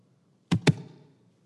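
A single heartbeat is heard as a paired lub-dub: two short, dull low thumps about a fifth of a second apart, the second slightly louder, followed by a quiet fading tail. It was picked up by a microphone held to an adult man's chest.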